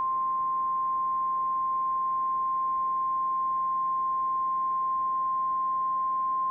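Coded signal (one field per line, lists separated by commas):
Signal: Emergency Alert System (SAME) tones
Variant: 1050 Hz attention tone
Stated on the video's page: SAME tones of a Required Weekly Test from the Mt. Cheaha, Alabama transmitter.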